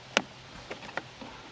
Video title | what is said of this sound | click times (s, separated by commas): I’m Canceling My RV Black Tank FOREVER - Modiwell Game Changer Dry Flush Toilet! | Until it snaps and clicks, because this is your there we go. | 0.2 s